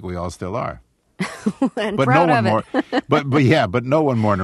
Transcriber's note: soundbite of laughter